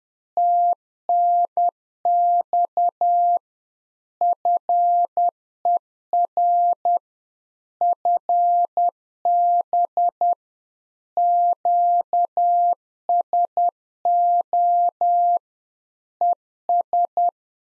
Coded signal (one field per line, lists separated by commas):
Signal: Morse code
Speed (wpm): 10 wpm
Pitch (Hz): 700 Hz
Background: none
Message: TNX FER FB QSO ES